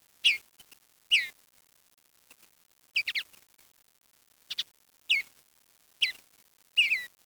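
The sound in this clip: Bird calling: brief, high, down-slurred chips, sometimes doubled, spaced irregularly about once a second over a quiet background.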